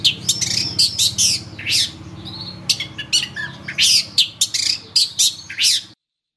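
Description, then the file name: Long-tailed shrike song: harsh grating bursts and chattering notes in uneven clusters over a low hum, ending abruptly in silence. Training (master) recording for songbird keepers; Indonesian name cendet. "cendet-master -omkicau"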